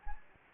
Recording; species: mosquito wingbeat signal from an infrared sensor; Anopheles gambiae